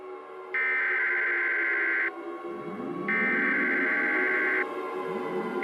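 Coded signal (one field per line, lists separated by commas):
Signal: Emergency Alert System (SAME) tones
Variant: header bursts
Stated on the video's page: Fictional EAS scenario, a work of fiction, said to contain valid tones.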